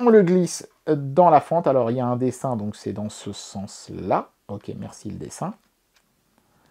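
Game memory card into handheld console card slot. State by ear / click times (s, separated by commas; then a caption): not seated / none. A Tomb Raider game memory card is slid into the card slot of a Nokia N-Gage QD handheld console and lined up by the printed drawing to get the orientation right, before being forced fully in. Someone talks for most of the clip, then two faint, brief ticks come at about 6.0 and 6.4 seconds. Nothing has seated or clicked yet; the card has no click to show it is properly inserted.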